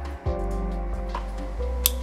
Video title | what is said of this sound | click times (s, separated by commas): How to Change Tandem Insulin Pump Cartridge and Infusion Set | you pull back on this piece on the back you should hear a click | 1.9 s